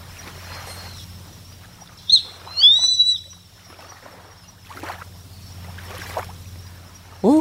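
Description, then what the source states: Grey-faced buzzard giving a high whistled call, a short sharp note followed by a longer slurred whistle, amid soft rushing noise bursts. Recorded on Kamishima island, Mie Prefecture, Japan.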